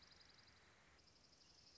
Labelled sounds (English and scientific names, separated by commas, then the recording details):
Dark-eyed Junco (Junco hyemalis)
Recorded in Sonoma County, California